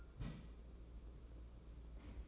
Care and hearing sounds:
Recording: daily activity, microphone in the room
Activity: place on stove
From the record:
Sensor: 1

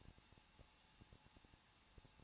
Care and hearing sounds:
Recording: daily activity, microphone in the room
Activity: no activity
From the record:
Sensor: 1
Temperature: 20.1 degrees Celsius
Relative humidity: 39.1%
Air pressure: 1006.5 hPa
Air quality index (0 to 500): 216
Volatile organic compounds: 73 ppm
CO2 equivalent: 3545 ppm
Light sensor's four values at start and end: 1/2/1/1 and 1/2/1/1

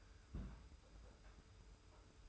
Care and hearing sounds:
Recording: daily activity, microphone in the room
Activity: place on stove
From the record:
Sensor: 2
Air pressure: 991.0 hPa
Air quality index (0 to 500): 110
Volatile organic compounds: 49 ppm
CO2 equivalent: 3287 ppm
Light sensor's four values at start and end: 34/102/40/38 and 34/102/40/38

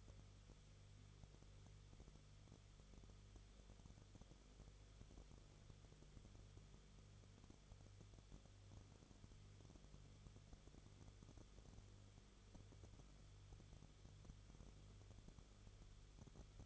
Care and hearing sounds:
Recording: daily activity, microphone in the room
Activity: no activity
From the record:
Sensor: 4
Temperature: 22.9 degrees Celsius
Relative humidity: 34.4%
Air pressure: 1011.5 hPa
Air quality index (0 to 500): 193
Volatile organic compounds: 13 ppm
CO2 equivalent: 2386 ppm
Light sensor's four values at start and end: 2/3/1/1 and 2/3/1/1

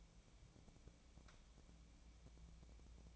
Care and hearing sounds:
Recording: daily activity, microphone in the room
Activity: take from stove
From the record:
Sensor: 1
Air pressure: 1000.0 hPa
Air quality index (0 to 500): 134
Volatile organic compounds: 2 ppm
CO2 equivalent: 1269 ppm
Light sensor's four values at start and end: 42/107/45/56 and 42/106/45/56

